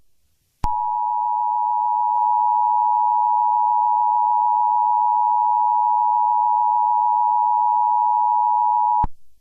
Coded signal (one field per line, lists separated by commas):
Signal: Emergency Alert System (SAME) tones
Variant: 853 and 960 Hz attention tone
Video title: EAS Scenario #14: Bubble Guppies